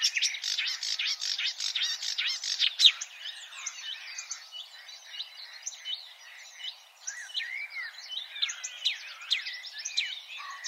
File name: suara kicauan burung marsh warbler. omkicau